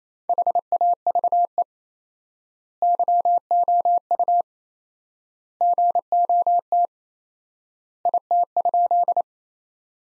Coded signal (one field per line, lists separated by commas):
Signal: Morse code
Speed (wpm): 28 wpm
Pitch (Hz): 700 Hz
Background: none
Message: HAVE YOU GOT IT?